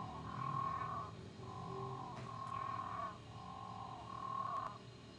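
Physalaemus moreirae frog calling: several steady tonal notes of under a second each with short gaps, plus a couple of faint clicks and low background noise.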